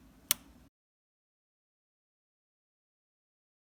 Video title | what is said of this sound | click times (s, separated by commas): Dell keyboard key cap hinge clip version DC52 video installation guide | Once aligned, push down, and it should click into place. | 0.3 s